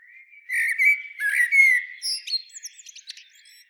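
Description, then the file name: Common blackbird singing a smooth, low whistled warble that breaks into a series of thin, high, squeaky notes. "Turdus merula"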